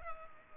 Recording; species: mosquito wingbeat signal from an infrared sensor; Culex pipiens